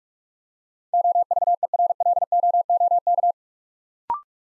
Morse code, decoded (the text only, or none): OVERLOOK